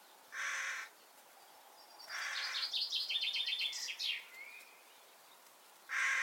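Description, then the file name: Carrion crow giving single harsh caws at intervals, while another bird adds a fast, high chattering run between them. "Corvus corone"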